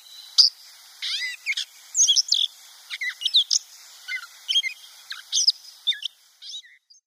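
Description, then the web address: Gray catbird song of mixed mewing slurs, clicks and raspy chatters in short, irregular phrases, pausing briefly before a final soft note near the end. "Schulze Peter Grey Catbird song"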